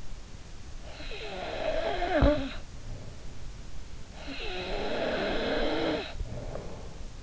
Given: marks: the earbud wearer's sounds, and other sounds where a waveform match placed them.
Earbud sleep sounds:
sounds in sleep by an in-ear microphone; snoring breath
0.91-2.66 s: snoring breath
4.25-7.03 s: snoring breath

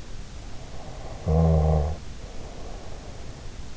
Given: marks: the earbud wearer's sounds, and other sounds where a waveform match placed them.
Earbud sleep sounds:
sounds in sleep by an in-ear microphone; snoring breath
0.83-3.74 s: snoring breath

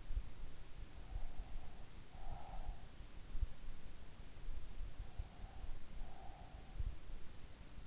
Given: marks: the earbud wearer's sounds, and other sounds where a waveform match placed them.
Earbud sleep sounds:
sounds in sleep by an in-ear microphone; breath
1.25-2.75 s: breath
5.16-6.89 s: breath

